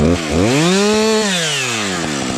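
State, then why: Not seated. A chainsaw engine runs throughout, its harmonic whine rising in pitch, holding, then sliding back down toward idle. The operator is handling the chainsaw's chain brake lever, which gets pushed forward to lock the chain before moving on, as a safety measure so the chain cannot move after a trip or fall that accidentally hits the trigger. The chain brake has not clicked on yet.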